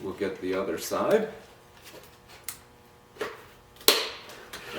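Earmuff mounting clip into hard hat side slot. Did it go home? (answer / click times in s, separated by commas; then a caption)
yes / 3.9 s. Someone talks as the plastic clip of the second earmuff cup is pushed into the side slot of a hard hat, with a few small knocks and handling sounds along the way. The clip snaps home with a sharp click at 3.9 s, locking the earmuff in place.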